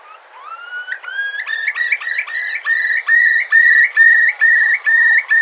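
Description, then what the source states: Eurasian curlew call, opening with slow rising whistles that speed up and grow louder into a rhythmic bubbling series of clear whistled notes. A curlew's famous eerie call, to be heard at estuaries; World Curlew Day 2020.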